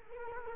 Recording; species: mosquito wingbeat signal from an infrared sensor; Culex quinquefasciatus